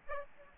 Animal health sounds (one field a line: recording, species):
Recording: mosquito wingbeat signal from an infrared sensor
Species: Aedes aegypti